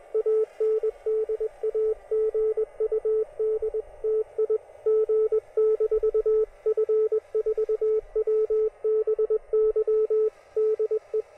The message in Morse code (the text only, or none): AND A GUD TI G- F4WBY DE